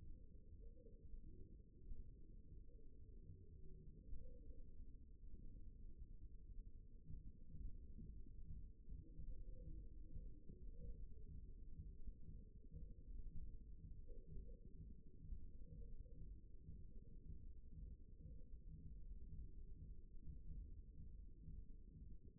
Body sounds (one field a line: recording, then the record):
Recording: forearm muscle sounds (acoustic myography)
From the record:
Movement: thumb flexion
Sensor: system 1, eight BSWA MPA416 microphones around the upper forearm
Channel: 1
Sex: male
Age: 54 years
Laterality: right